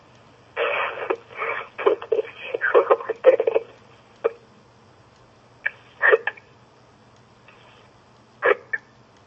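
An adult woman hiccuping, heard over a telephone line.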